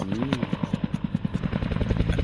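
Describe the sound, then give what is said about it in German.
A helicopter approaching to land at Stuttgart 21, its rotor thumping in a fast, steady chop of low, pulsing beats over a broad engine rumble, holding fairly even in loudness with no voices. “Das ist ein Helikopter im Anflug auf Stuttgart 21.”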